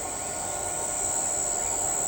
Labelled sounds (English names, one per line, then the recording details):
none
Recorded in shrubland near Pivijay, Magdalena, Colombia, on 17 April 2023 at 02:30
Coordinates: 10.453, -74.365
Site P5-G022